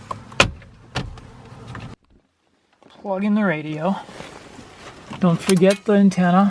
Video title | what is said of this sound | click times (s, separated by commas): How to Find, Remove and Test the Starter Relay and Socket ’09-’13 Toyota Corolla | forward snap in place | 0.4 s